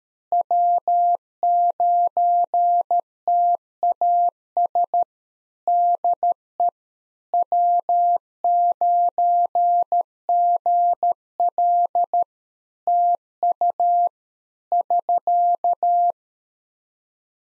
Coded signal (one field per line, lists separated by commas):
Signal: Morse code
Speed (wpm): 13 wpm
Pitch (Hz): 700 Hz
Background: none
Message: W9TAS DE W9GL TU <SK>